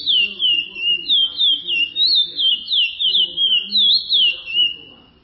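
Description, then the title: Chestnut-bellied seed finch delivering a short burst of melodious whistles, looping up and down in quick succession before fading at the end. "Canto De Curio"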